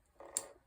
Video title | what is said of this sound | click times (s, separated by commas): Sewing Machine tutorial for Absolute Beginners. | and another click. | 0.4 s